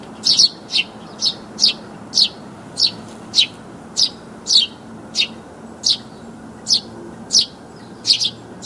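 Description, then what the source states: Eurasian tree sparrow chirping: a long series of short, sharp, high chirps at a steady pace over a faint low steady hum. Recorded in Taiwan.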